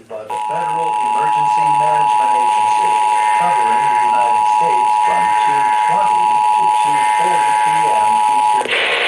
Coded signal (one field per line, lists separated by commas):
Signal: Emergency Alert System (SAME) tones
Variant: 853 and 960 Hz attention tone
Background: speech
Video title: EAS #77-80: 2023 National Periodic Test on KDKA AM, WOVK FM, WRQY FM & Comcast